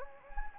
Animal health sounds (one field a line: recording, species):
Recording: mosquito wingbeat signal from an infrared sensor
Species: Anopheles gambiae